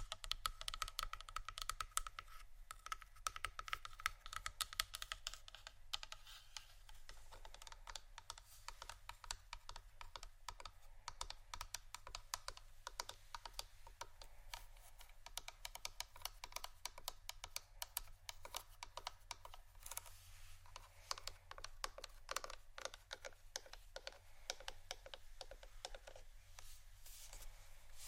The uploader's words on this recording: ASMR Tapping & Scratching on Plastic Bottles （No Talking）.